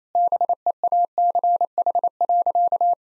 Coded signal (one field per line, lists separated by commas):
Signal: Morse code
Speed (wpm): 28 wpm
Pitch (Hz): 700 Hz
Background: none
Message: BEACH.